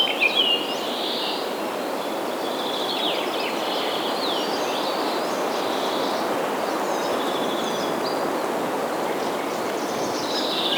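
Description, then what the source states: Birds chirping and twittering in scattered short bursts through the woods, heard over a constant rushing wash like running water. Looped sound-effect recording.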